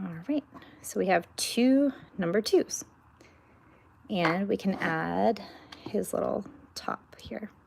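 Someone talks while handling a small plastic top piece that is about to be pressed onto a Numberblocks toy number block. Speech fills most of the clip, with only a faint soft tap near 3.2 s. Nothing has seated or clicked in yet.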